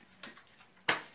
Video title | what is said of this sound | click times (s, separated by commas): Squatty Potty Unicorn Gold spray Product Review | okay there we go but this isn't locked all the way so you got to press | 0.9 s